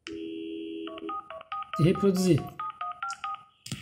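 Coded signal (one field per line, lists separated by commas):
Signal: none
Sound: car stereo button beeps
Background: speech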